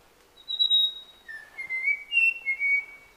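Papuan logrunner with a pure whistled phrase: a long high note, then a lower note followed by rising, slurred whistles.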